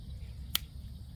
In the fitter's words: here's a snap